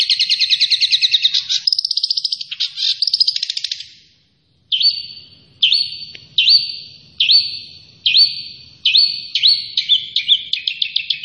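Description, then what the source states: Long-tailed shrike song, first a buzzy chattering trill, then after a short pause a string of sharp, hooked chirps repeated about every 0.8 seconds. Singing vigorously, described as gacor.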